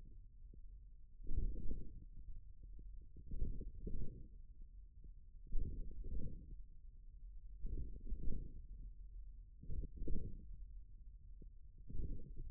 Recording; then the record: forearm muscle sounds (acoustic myography)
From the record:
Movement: hand closing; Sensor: system 1, eight BSWA MPA416 microphones around the upper forearm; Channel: 6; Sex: male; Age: 41 years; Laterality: right